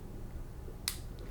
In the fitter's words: sounds like it is did you hear that last little click lock it in eddie